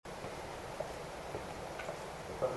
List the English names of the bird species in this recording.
none